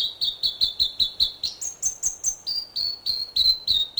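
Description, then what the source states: North Island robin giving many quick, high whistled notes in a steady run that jumps higher and then settles back down. New Zealand.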